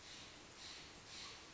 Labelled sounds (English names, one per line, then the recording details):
Steller's Jay
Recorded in Sonoma County, California